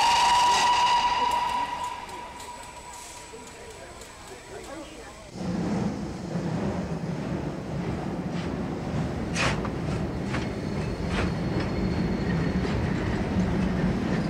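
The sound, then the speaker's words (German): An express train to Edinburgh pulls away from the station at 11:30 pm: an opening stretch of tonal whistling and hissing gives way to a steady, rumbling roar of wheels and carriages, with brief higher squeals and clanks over the din. “Bitte einsteigen und die Türen schließen. Der Zug fährt ab.”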